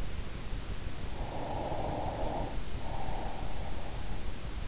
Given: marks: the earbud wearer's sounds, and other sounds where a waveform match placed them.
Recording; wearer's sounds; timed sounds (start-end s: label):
sounds in sleep by an in-ear microphone; breath
0.85-4.30 s: breath